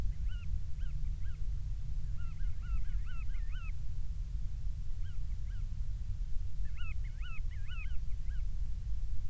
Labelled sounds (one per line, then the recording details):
grouse or ptarmigan
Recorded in the Prudhoe Bay oil fields, Alaska, on 12 July 2019 at 02:55
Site 16